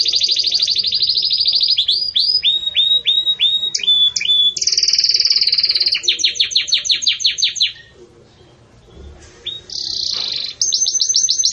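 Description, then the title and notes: Belgian canary song: loud, high rolling trills and rapid repeated chirps shifting between tours, a brief pause near eight seconds, then a sustained buzzy trill. Pure campainha song style, delivered with pauses, intended for training singing birds. "Canto Canário Belga Campainha Puro Com Pausa Para Treinamento. CANARIO BELGA"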